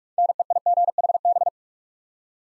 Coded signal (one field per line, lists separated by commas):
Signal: Morse code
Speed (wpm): 44 wpm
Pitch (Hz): 700 Hz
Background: none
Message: NEIGHB